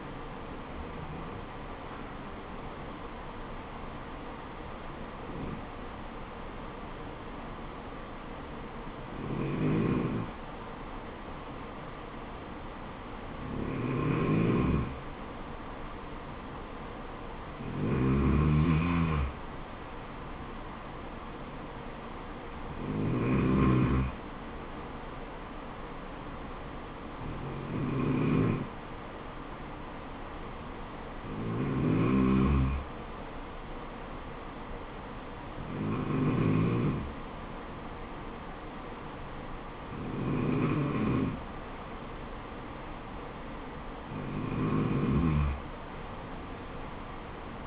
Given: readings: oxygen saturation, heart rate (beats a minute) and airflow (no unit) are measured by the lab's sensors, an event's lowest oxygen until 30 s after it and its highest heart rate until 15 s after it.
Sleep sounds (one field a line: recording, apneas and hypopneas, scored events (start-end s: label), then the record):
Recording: breathing in sleep by a voice recorder at the bedside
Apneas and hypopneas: none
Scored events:
none scored
From the record:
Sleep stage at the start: N2 (light sleep)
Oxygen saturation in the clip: 93 to 95%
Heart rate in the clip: 66 to 77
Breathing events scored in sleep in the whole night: 426 in 7.4 hours asleep